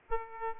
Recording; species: mosquito wingbeat signal from an infrared sensor; Aedes aegypti